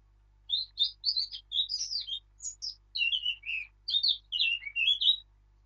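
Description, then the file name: Eurasian blackcap delivering one continuous warbling song of varied whistled notes, quick and rambling, lasting nearly five seconds with no other sounds. "Sylvia atricapilla"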